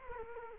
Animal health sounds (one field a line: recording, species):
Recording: mosquito wingbeat signal from an infrared sensor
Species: Culex quinquefasciatus